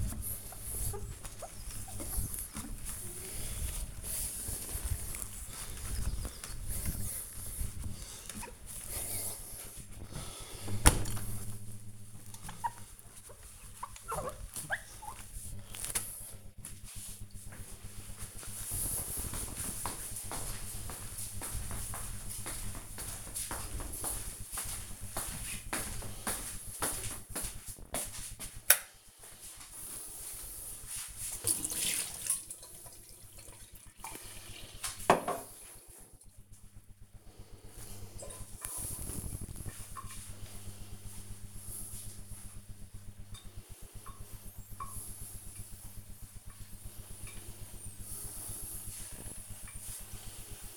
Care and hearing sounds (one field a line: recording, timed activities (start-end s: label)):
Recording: household activities, microphone on the right wrist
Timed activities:
0.00-15.95 s: window cleaning
29.05-50.77 s: making tea